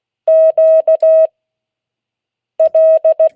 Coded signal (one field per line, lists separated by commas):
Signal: Morse code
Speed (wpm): 16 wpm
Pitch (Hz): 640 Hz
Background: none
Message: Q L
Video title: Friday 2022-08-19 Morse code class